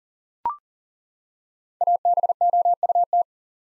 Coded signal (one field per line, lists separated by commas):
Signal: Morse code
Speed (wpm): 39 wpm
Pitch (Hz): 700 Hz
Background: none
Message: ABOUT